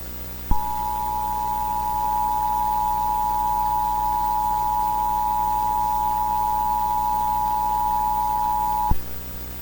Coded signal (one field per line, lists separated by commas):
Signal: Emergency Alert System (SAME) tones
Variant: 853 and 960 Hz attention tone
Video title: Presidential Alert EAS Scenario - Project Nightfall (2003)